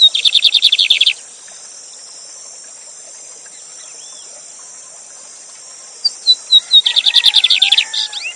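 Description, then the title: Lined seedeater singing a rapid, buzzy trill at the start, then after a pause a new phrase of short whistled notes running into the same trill, with a constant high steady hiss. Song tutor bird singing live with a waterfall; presented as a new lined seedeater song. "Novo Canto de Bigodinho. Bigode Gavião negro professor de canto cantando ao vivo com cascata!"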